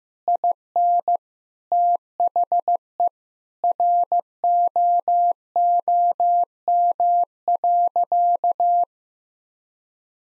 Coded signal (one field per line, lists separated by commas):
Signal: Morse code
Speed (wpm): 15 wpm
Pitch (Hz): 700 Hz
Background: none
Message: IN THE ROOM.